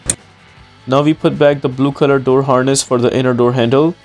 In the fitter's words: Press the plug to a point until you hear a clicking sound.